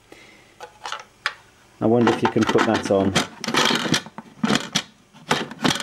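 Someone talks while trying to refit the plastic bag compartment door onto the body of a Hoover Discovery Amigo bagged upright vacuum cleaner with no bag inside. Short, sharp knocks and taps are heard throughout the attempt. A fail-safe stops the door from going back on or latching, so nothing has seated or clicked yet.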